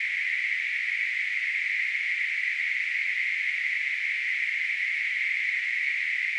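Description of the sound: A steady, unbroken hiss concentrated in a narrow high-pitched band continues at even loudness for about six seconds with no pauses. It is a simulated tinnitus sound, imitating the constant hissing or ringing perceived in the ears.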